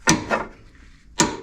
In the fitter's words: So this one is 65 Newton meters. Until you hear it click.